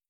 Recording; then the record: hydrophone in a shrimp aquaculture tank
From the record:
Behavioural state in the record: feeding